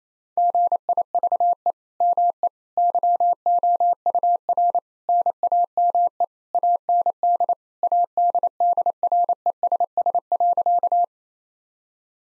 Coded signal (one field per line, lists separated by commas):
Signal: Morse code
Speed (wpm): 28 wpm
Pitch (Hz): 700 Hz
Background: none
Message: GIVE ME YOUR NAME AND ADDRESS.